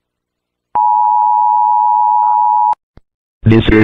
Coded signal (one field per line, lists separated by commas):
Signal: Emergency Alert System (SAME) tones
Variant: 853 and 960 Hz attention tone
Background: speech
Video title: C.A.T. Agency EAS Alert | 9/23/2010